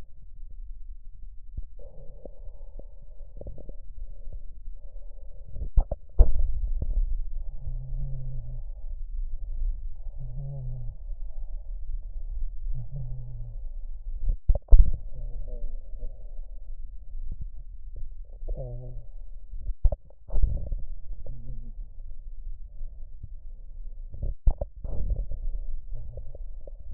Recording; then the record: lung sounds by stethoscope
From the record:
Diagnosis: emphysema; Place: left posterior upper chest